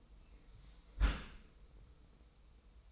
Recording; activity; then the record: daily activity, microphone in the room; close dishwasher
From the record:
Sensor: 1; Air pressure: 990.4 hPa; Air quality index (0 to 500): 179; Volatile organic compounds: 1000 ppm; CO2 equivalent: 6614 ppm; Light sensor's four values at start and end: 25/58/25/27 and 25/58/25/27